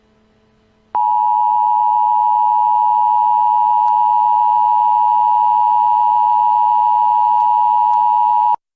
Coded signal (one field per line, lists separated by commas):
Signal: Emergency Alert System (SAME) tones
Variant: 853 and 960 Hz attention tone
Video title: EAS: Antifa Uprising (Part 1)